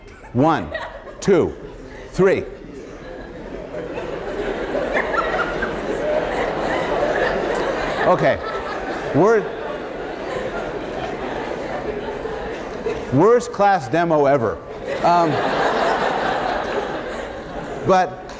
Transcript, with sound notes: One, two, three. [laughter] Okay. [laughter] Worst class demo ever [laughter] but